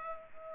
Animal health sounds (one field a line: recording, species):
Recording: mosquito wingbeat signal from an infrared sensor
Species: Culex pipiens